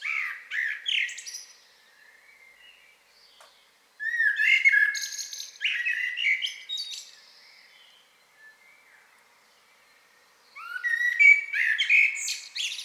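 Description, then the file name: Common blackbird song: several warbling phrases of mellow whistles mixed with high squeaky notes, separated by pauses. "Turdus merula"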